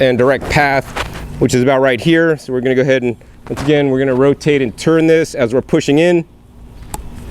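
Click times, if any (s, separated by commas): 6.9 s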